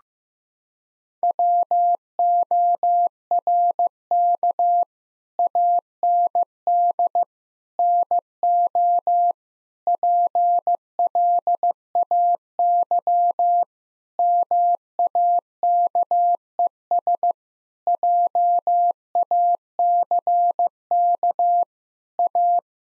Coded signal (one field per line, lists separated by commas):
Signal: Morse code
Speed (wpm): 15 wpm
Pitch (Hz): 700 Hz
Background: none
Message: WORK AND NO PLAY MAKES JACK A